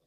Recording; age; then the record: pig call; piglet (1 to 25 days)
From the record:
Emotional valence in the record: positive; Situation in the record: short reunion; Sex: female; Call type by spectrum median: low-frequency call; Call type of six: low-frequency stable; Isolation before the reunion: 3 minutes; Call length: 0.07 s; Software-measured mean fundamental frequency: 37 Hz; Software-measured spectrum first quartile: 393 Hz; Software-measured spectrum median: 1677 Hz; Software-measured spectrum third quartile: 10657 Hz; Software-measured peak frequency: 149 Hz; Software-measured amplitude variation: 21 dB a second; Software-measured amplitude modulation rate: 15.0 a second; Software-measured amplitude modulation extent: 1.4 dB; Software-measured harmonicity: 6.7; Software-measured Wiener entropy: -2.82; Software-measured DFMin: 431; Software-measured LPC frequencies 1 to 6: 527, 2299, 3532, 5002, 6220, 7824 Hz